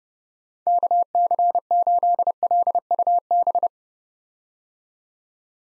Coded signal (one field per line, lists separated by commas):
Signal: Morse code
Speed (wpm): 31 wpm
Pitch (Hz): 700 Hz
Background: none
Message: KC8LUB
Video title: 2023 POTA Hunter Call Signs - 30wpm